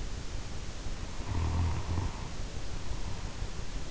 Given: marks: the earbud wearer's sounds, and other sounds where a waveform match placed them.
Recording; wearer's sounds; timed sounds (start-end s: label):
sounds in sleep by an in-ear microphone; snoring breath
1.02-3.85 s: snoring breath